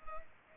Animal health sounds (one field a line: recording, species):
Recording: mosquito wingbeat signal from an infrared sensor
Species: Culex pipiens